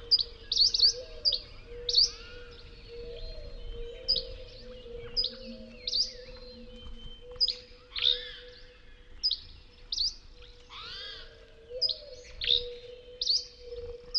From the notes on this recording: From tropical forests to deserts to wetlands